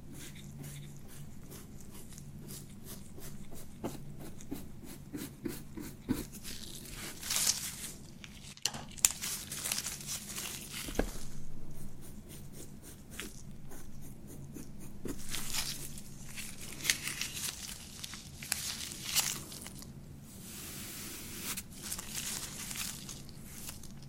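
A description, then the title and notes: Beard treatment with dry, crinkly scratching. Quick fine clicks tick through the first seven seconds, then longer bright rasping strokes arrive every few seconds, strongest around 8, 15 and 19 seconds. A faint low hum runs steadily underneath. ASMR Relaxing Beard Treatment [NO TALKING].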